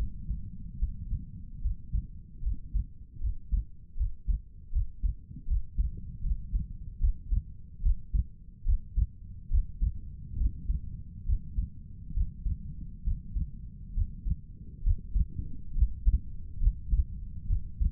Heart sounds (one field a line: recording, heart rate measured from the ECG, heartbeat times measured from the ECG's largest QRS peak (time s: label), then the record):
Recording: heart sounds by stethoscope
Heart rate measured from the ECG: 72 bpm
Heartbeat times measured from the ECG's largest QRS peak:
0.78 s: heartbeat
1.61 s: heartbeat
2.42 s: heartbeat
3.20 s: heartbeat
3.96 s: heartbeat
4.72 s: heartbeat
5.47 s: heartbeat
6.22 s: heartbeat
7.00 s: heartbeat
7.82 s: heartbeat
8.65 s: heartbeat
9.50 s: heartbeat
10.37 s: heartbeat
11.25 s: heartbeat
12.14 s: heartbeat
13.04 s: heartbeat
13.94 s: heartbeat
14.83 s: heartbeat
15.75 s: heartbeat
16.60 s: heartbeat
17.47 s: heartbeat
From the record:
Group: healthy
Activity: Valsalva maneuver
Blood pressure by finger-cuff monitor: 105/75 mmHg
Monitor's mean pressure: 82 mmHg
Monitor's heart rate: 72 bpm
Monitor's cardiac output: 4.9 L/min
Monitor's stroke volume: 68 mL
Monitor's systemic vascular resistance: 1030 dyn s/cm5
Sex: female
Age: 22 years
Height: 163 cm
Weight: 67.1 kg